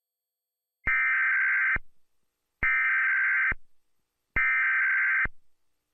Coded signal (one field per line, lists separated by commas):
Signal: Emergency Alert System (SAME) tones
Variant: header bursts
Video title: EAS Mock 2: a weekly test